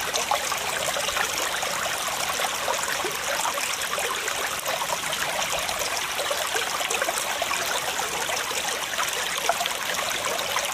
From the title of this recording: Waterfall Sounds Effects